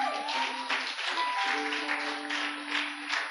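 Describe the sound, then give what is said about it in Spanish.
A church audience applauding the Lord during a sermon: a steady, dense wash of clapping that holds at an even level throughout, with long sustained musical tones running beneath it. “Aplauda al Señor.”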